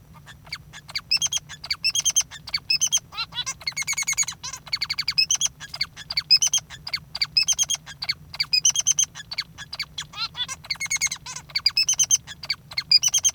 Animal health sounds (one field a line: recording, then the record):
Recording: song of a male Bengalese finch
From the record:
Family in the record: father 3